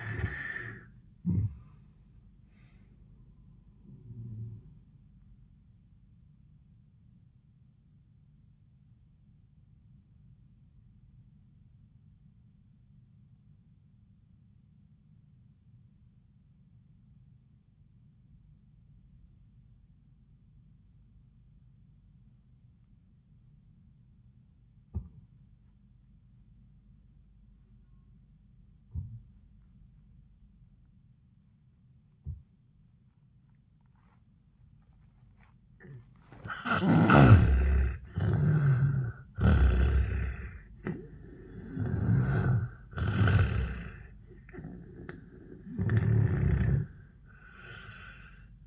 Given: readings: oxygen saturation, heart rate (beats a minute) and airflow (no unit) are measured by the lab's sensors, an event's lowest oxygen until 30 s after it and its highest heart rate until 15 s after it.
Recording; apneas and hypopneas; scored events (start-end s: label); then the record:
breathing in sleep by a smartphone at the bedside; 1
9.00-35.40 s: obstructive apnea (N1, oxygen 97% highest, then 77% lowest, heart rate 93 at the start, 100 highest)
From the record:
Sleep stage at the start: N1 (lightest sleep); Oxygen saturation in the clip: 77 to 97%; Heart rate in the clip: 74 to 101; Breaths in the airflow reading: 4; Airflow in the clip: -25.7 to 24.6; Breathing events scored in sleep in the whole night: 400 in 8.7 hours asleep